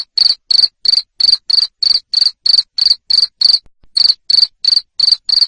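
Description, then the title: Cricket, shrill pulsed chirps about three per second, with a short pause before resuming. Loud cricket chirping used to stimulate lovebirds to sing continuously. "Suara JANGKRIK NGERIK Keras Bikin LOVEBIRD Jadi NGEKEK Terus Vubey"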